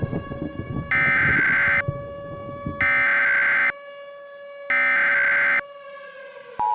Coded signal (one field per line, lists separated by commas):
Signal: Emergency Alert System (SAME) tones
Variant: header bursts